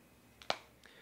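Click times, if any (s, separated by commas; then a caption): 0.5 s. A replica iPhone X is pressed bottom end first into a Speck Presidio Flower Power clear plastic protective case. A faint tick comes at 0.4 s, then a sharp, bright snap at 0.5 s as the phone pops into place, followed by a softer tick at 0.9 s. The phone is seated in the case.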